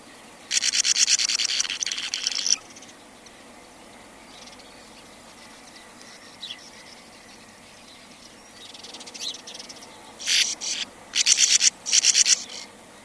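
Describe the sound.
Sand martin calls in two bursts of dry, buzzy twittering, a two-second outburst near the start and another choppy run near the end, with quiet between.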